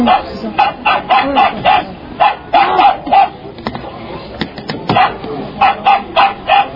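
A dog yaps in quick, high-pitched runs of four or five barks, repeated in three bursts, with a few sharp clicks in the pause between.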